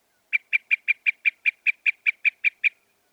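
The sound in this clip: Northern mockingbird delivering a steady series of about a dozen short, sharp chip notes, evenly spaced in roughly two and a half seconds.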